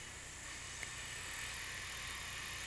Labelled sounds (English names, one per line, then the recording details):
none
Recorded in pastures near Puerto Asís, Putumayo, Colombia, on 23 June 2025 at 14:30
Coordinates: 0.486, -76.323
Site H29